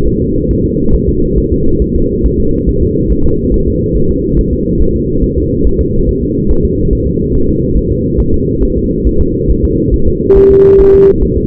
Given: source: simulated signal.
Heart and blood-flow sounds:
fetal heart sounds
0.07 s: S1
0.22 s: S2
0.51 s: S1
0.65 s: S2
0.94 s: S1
1.09 s: S2
1.38 s: S1
1.52 s: S2
1.82 s: S1
1.96 s: S2
2.26 s: S1
2.40 s: S2
2.69 s: S1
2.83 s: S2
3.12 s: S1
3.26 s: S2
3.54 s: S1
3.68 s: S2
3.97 s: S1
4.11 s: S2
4.39 s: S1
4.53 s: S2
4.82 s: S1
4.96 s: S2
5.24 s: S1
5.38 s: S2
5.67 s: S1
5.81 s: S2
6.09 s: S1
6.23 s: S2
6.51 s: S1
6.65 s: S2
6.93 s: S1
7.07 s: S2
7.35 s: S1
7.49 s: S2
7.78 s: S1
7.92 s: S2
8.20 s: S1
8.34 s: S2
8.63 s: S1
8.77 s: S2
9.07 s: S1
9.21 s: S2
9.50 s: S1
9.64 s: S2
9.94 s: S1
10.08 s: S2
10.37 s: S1
10.51 s: S2
10.80 s: S1
10.94 s: S2
11.23 s: S1
11.37 s: S2
From the record:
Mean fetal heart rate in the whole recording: 140 bpm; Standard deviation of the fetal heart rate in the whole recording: 2 bpm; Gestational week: 34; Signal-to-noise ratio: -16.4 dB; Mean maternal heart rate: 72 bpm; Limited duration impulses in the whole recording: present

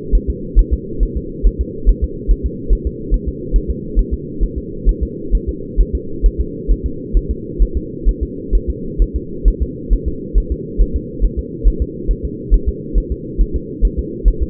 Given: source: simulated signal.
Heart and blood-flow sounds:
fetal heart sounds
0.15 s: S1
0.30 s: S2
0.59 s: S1
0.73 s: S2
1.03 s: S1
1.17 s: S2
1.46 s: S1
1.61 s: S2
1.89 s: S1
2.04 s: S2
2.31 s: S1
2.46 s: S2
2.73 s: S1
2.87 s: S2
3.14 s: S1
3.28 s: S2
3.56 s: S1
3.70 s: S2
3.99 s: S1
4.13 s: S2
4.43 s: S1
4.58 s: S2
4.89 s: S1
5.03 s: S2
5.35 s: S1
5.49 s: S2
5.81 s: S1
5.95 s: S2
6.26 s: S1
6.40 s: S2
6.71 s: S1
6.86 s: S2
7.17 s: S1
7.31 s: S2
7.62 s: S1
7.77 s: S2
8.09 s: S1
8.23 s: S2
8.55 s: S1
8.70 s: S2
9.02 s: S1
9.16 s: S2
9.48 s: S1
9.62 s: S2
9.93 s: S1
10.08 s: S2
10.38 s: S1
10.52 s: S2
10.81 s: S1
10.96 s: S2
11.25 s: S1
11.39 s: S2
11.68 s: S1
11.82 s: S2
12.11 s: S1
12.25 s: S2
12.54 s: S1
12.69 s: S2
12.98 s: S1
13.12 s: S2
13.41 s: S1
13.56 s: S2
13.85 s: S1
13.99 s: S2
14.28 s: S1
14.42 s: S2
From the record:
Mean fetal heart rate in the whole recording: 135 bpm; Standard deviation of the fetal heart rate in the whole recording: 3 bpm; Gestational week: 36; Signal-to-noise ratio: -4.3 dB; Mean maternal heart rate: 72 bpm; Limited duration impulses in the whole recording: absent

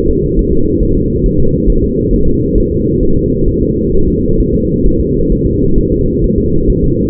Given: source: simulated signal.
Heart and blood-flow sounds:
fetal heart sounds
0.09 s: S2
0.39 s: S1
0.53 s: S2
0.83 s: S1
0.97 s: S2
1.26 s: S1
1.40 s: S2
1.70 s: S1
1.84 s: S2
2.14 s: S1
2.28 s: S2
2.58 s: S1
2.72 s: S2
3.03 s: S1
3.17 s: S2
3.48 s: S1
3.62 s: S2
3.94 s: S1
4.08 s: S2
4.40 s: S1
4.54 s: S2
4.86 s: S1
5.00 s: S2
5.32 s: S1
5.46 s: S2
5.78 s: S1
5.92 s: S2
6.24 s: S1
6.38 s: S2
6.70 s: S1
6.84 s: S2
From the record:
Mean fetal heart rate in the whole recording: 135 bpm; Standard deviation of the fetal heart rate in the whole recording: 3 bpm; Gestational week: 36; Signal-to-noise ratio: -16.4 dB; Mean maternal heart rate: 72 bpm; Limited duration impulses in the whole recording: present

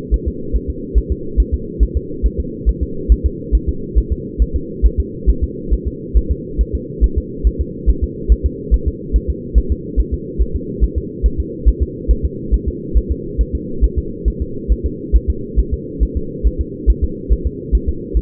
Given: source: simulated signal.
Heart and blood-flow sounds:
fetal heart sounds
0.14 s: S1
0.28 s: S2
0.56 s: S1
0.70 s: S2
0.98 s: S1
1.12 s: S2
1.40 s: S1
1.54 s: S2
1.83 s: S1
1.97 s: S2
2.26 s: S1
2.40 s: S2
2.69 s: S1
2.83 s: S2
3.12 s: S1
3.26 s: S2
3.55 s: S1
3.69 s: S2
3.98 s: S1
4.12 s: S2
4.42 s: S1
4.56 s: S2
4.86 s: S1
5.00 s: S2
5.30 s: S1
5.44 s: S2
5.74 s: S1
5.88 s: S2
6.17 s: S1
6.31 s: S2
6.61 s: S1
6.75 s: S2
7.04 s: S1
7.18 s: S2
7.47 s: S1
7.61 s: S2
7.90 s: S1
8.04 s: S2
8.32 s: S1
8.46 s: S2
8.74 s: S1
8.88 s: S2
9.16 s: S1
9.30 s: S2
9.58 s: S1
9.72 s: S2
10.00 s: S1
10.14 s: S2
10.42 s: S1
10.56 s: S2
10.84 s: S1
10.98 s: S2
11.26 s: S1
11.40 s: S2
11.69 s: S1
11.83 s: S2
12.11 s: S1
12.25 s: S2
12.54 s: S1
12.68 s: S2
12.97 s: S1
13.12 s: S2
13.41 s: S1
13.55 s: S2
13.84 s: S1
13.98 s: S2
14.28 s: S1
14.42 s: S2
14.72 s: S1
14.86 s: S2
15.16 s: S1
15.30 s: S2
15.59 s: S1
15.74 s: S2
16.03 s: S1
16.17 s: S2
16.47 s: S1
16.61 s: S2
16.90 s: S1
17.04 s: S2
17.33 s: S1
17.47 s: S2
17.75 s: S1
17.89 s: S2
18.17 s: S1
From the record:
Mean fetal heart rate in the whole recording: 140 bpm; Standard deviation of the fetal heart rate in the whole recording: 2 bpm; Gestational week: 34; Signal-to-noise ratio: -4.3 dB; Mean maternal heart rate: 72 bpm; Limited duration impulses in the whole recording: present

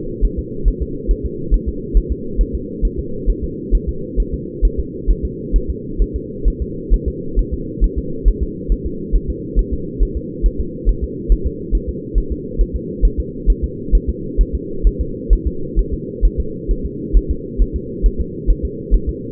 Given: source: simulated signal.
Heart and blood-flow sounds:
fetal heart sounds
0.25 s: S1
0.39 s: S2
0.68 s: S1
0.82 s: S2
1.11 s: S1
1.25 s: S2
1.54 s: S1
1.68 s: S2
1.97 s: S1
2.12 s: S2
2.41 s: S1
2.55 s: S2
2.85 s: S1
2.99 s: S2
3.30 s: S1
3.44 s: S2
3.75 s: S1
3.89 s: S2
4.20 s: S1
4.34 s: S2
4.65 s: S1
4.79 s: S2
5.10 s: S1
5.25 s: S2
5.56 s: S1
5.70 s: S2
6.02 s: S1
6.16 s: S2
6.48 s: S1
6.62 s: S2
6.94 s: S1
7.08 s: S2
7.39 s: S1
7.53 s: S2
7.84 s: S1
7.98 s: S2
8.28 s: S1
8.43 s: S2
8.72 s: S1
8.86 s: S2
9.16 s: S1
9.30 s: S2
9.59 s: S1
9.73 s: S2
10.03 s: S1
10.17 s: S2
10.46 s: S1
10.60 s: S2
10.89 s: S1
11.04 s: S2
11.32 s: S1
11.47 s: S2
11.75 s: S1
11.89 s: S2
12.18 s: S1
12.32 s: S2
12.61 s: S1
12.76 s: S2
13.05 s: S1
13.20 s: S2
13.50 s: S1
13.64 s: S2
13.95 s: S1
14.09 s: S2
14.41 s: S1
14.55 s: S2
14.87 s: S1
15.01 s: S2
15.33 s: S1
15.47 s: S2
15.79 s: S1
15.94 s: S2
16.25 s: S1
16.40 s: S2
16.71 s: S1
16.86 s: S2
17.17 s: S1
17.31 s: S2
17.62 s: S1
17.76 s: S2
18.06 s: S1
18.20 s: S2
18.50 s: S1
18.65 s: S2
18.94 s: S1
19.09 s: S2
From the record:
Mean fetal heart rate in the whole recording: 135 bpm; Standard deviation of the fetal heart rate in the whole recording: 3 bpm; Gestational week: 36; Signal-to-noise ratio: -4.3 dB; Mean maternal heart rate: 72 bpm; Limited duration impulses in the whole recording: absent

